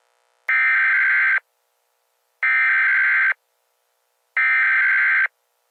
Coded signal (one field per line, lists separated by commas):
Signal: Emergency Alert System (SAME) tones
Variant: header bursts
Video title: Eas Scenario: Unknown Entity Spotted Near New Jersey